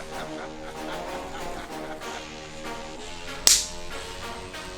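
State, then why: Seated. A new wiper blade is slid onto the hook of a BMW X1 windshield wiper arm and pushed down until it locks, with steady music playing throughout. A single sharp click sounds at 3.5 seconds as the blade seats onto the arm.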